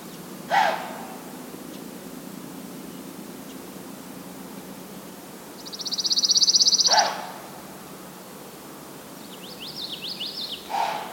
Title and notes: White-tailed Deer snorting. a bog trail in Schoodic Woods. the two deer caught my scent and they began snorting, perhaps to communicate caution. 18jun2019